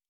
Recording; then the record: hydrophone in a shrimp aquaculture tank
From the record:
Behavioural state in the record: normal